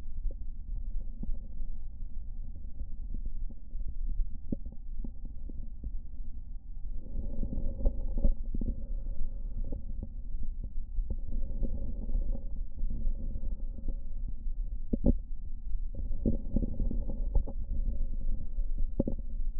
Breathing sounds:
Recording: lung sounds by stethoscope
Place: right anterior apical chest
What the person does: quiet breathing, then deep breathing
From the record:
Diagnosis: interstitial lung disease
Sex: male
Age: 66 years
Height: 172 cm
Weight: 107.6 kg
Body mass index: 36.4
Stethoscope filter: diaphragm mode

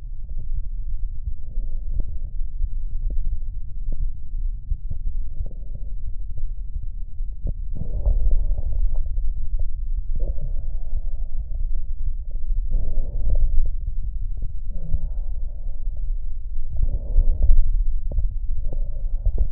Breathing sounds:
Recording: lung sounds by stethoscope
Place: left anterior apical chest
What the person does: quiet breathing, then deep breathing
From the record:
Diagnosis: COPD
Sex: male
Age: 81 years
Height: 166 cm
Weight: 98.7 kg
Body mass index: 35.8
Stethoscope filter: extended mode

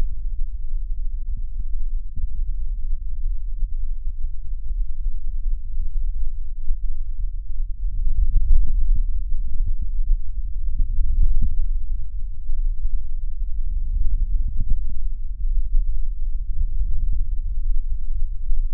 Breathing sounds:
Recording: lung sounds by stethoscope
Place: right anterior apical chest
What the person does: quiet breathing, then deep breathing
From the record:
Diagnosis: COPD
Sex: male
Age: 77 years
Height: 172 cm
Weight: 85.2 kg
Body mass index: 28.8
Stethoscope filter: bell mode

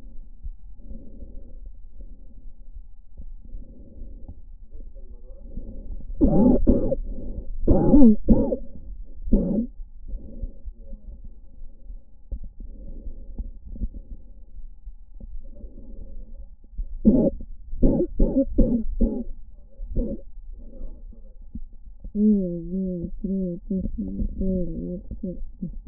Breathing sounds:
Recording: lung sounds by stethoscope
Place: left posterior apical chest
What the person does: quiet breathing, then cough and speech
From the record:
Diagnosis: asthma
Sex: female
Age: 56 years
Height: 161 cm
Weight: 85 kg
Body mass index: 32.8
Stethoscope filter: diaphragm mode

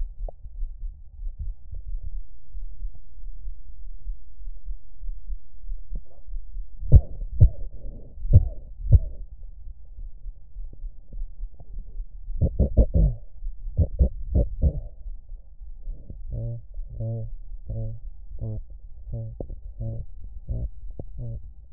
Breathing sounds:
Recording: lung sounds by stethoscope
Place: left anterior apical chest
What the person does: quiet breathing, then cough and speech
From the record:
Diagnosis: none (healthy)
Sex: male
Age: 23 years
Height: 185 cm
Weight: 93 kg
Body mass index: 27.2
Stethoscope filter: extended mode

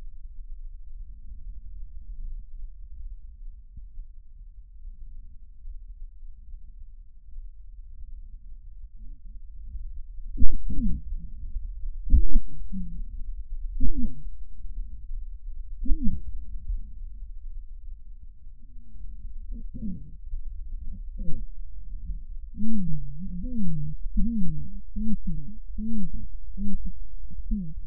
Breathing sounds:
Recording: lung sounds by stethoscope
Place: right posterior apical chest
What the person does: quiet breathing, then cough and speech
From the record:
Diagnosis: interstitial lung disease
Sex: female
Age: 72 years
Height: 153 cm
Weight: 71 kg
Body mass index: 30.3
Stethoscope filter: bell mode

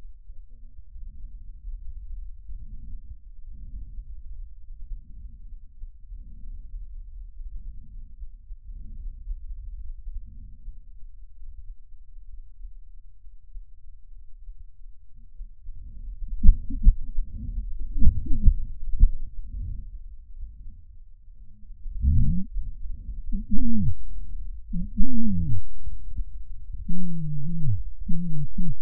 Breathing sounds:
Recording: lung sounds by stethoscope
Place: right anterior apical chest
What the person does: quiet breathing, then cough and speech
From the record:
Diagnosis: COPD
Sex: male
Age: 75 years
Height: 182 cm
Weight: 98 kg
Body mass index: 29.6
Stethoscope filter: bell mode

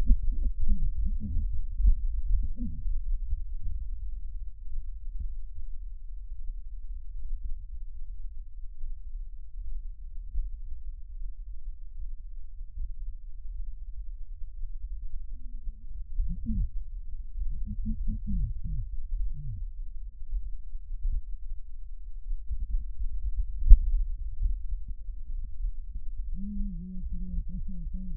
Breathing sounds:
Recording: lung sounds by stethoscope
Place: trachea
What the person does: quiet breathing, then cough and speech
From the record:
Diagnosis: pulmonary infection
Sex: female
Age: 74 years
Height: 160 cm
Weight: 66 kg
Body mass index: 25.8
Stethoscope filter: bell mode

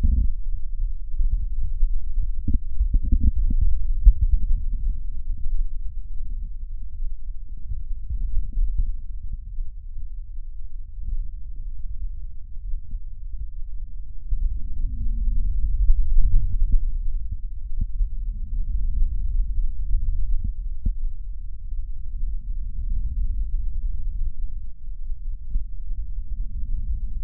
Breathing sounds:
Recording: lung sounds by stethoscope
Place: right posterior apical chest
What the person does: quiet breathing, then deep breathing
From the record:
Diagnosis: pulmonary infection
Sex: male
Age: 74 years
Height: 171 cm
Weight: 80 kg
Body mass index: 27.4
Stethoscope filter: bell mode

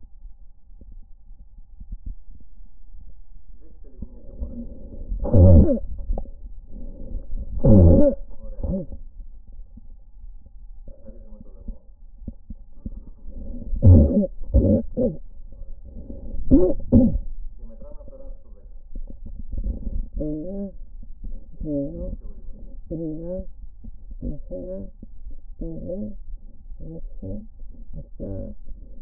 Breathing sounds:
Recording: lung sounds by stethoscope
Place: left anterior apical chest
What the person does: quiet breathing, then cough and speech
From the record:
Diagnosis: COPD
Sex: female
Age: 68 years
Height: 150 cm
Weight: 70 kg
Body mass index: 31.1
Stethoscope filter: diaphragm mode

